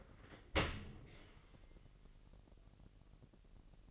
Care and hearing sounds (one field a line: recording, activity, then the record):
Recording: daily activity, microphone in the room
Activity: open dishwasher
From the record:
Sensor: 4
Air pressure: 1001.5 hPa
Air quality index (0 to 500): 249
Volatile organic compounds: 42 ppm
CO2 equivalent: 3184 ppm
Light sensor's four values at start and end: 8/18/7/6 and 8/17/6/6